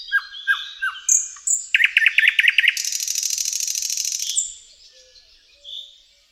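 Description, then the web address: Thrush nightingale song opening with downslurred whistles, then loud knocking chock notes in a quick row and a long, dry, buzzing rattle, ending with a soft note. "Tajemnice puszczy Slowik szary"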